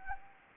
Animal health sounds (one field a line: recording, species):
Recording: mosquito wingbeat signal from an infrared sensor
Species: Anopheles gambiae